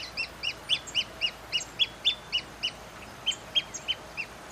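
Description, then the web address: Pearl kite calling in a quick run of sharp, high notes, some louder than others, with a short pause after the middle. "sound Pearl-kite. دانلود-صدای-پرنده-کورکور-مرواریدی"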